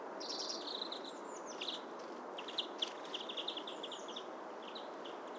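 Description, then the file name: European greenfinch giving high twittering chirped notes in quick runs, over a steady background hiss. "Chloris chloris"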